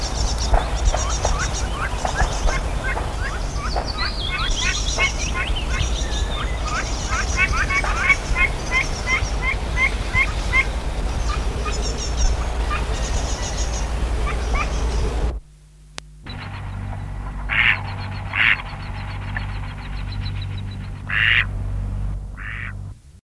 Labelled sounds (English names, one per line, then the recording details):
Mallard call
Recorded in the wild
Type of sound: call
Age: immature
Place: Laatzen, Niedersachsen, DE
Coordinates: 52.3089, 9.8081
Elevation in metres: 63
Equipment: Halbspur, 9,5 cm/s
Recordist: Lütgens, Hans
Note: Junge